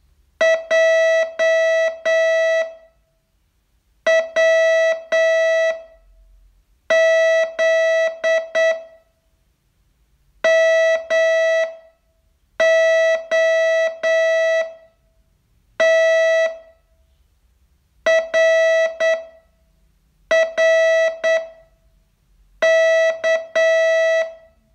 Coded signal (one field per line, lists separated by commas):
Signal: Morse code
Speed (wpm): 8 wpm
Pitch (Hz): 650 Hz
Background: none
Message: JWZ MOTRRK